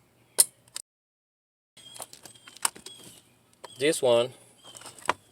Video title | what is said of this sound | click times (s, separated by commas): 2007 - 2013 Mercedes Benz GL 450 Hood release handle replacement / Driver side leg panel replacement | here, push it until it clicks. | 0.4 s